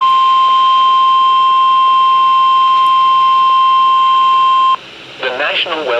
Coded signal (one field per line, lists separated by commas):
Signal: Emergency Alert System (SAME) tones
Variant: 1050 Hz attention tone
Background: speech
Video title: Severe Thunderstorm Warning 6 On WXJ75 3/19/2025 (EAS #2,740)